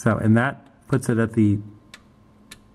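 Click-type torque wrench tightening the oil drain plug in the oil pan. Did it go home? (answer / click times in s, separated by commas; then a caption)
yes / 1.9 s, 2.5 s. Someone talks while a click-type torque wrench tightens the oil drain plug in the oil pan. Two sharp, short ticks follow at 1.9 s and 2.5 s as the wrench clicks at its setting, confirming the plug is torqued correctly.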